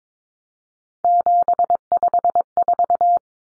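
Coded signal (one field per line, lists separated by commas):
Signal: Morse code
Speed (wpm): 22 wpm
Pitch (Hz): 700 Hz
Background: none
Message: 754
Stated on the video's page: Morse practice of common three-digit cut numbers at 22 wpm, T, A, N for 0, 1, 9, each sent, spoken, sent again.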